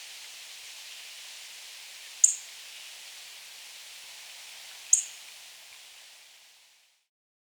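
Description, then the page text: Little bunting calls: two sharp, very high ticking notes over steady hiss. "Little Bunting Call. Quick Sounds"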